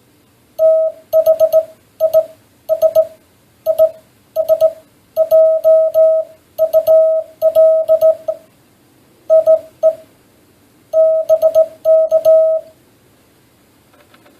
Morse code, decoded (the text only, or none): THIS IS JULIE BK